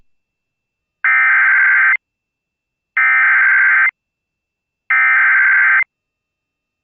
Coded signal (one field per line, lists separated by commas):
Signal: Emergency Alert System (SAME) tones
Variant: header bursts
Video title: -LOUD AUDIO- - The Worst EAS Alert I've Ever Heard